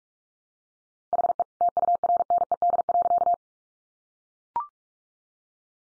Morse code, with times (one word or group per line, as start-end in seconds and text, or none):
1.1-1.4 HE
1.6-3.3 TURNED.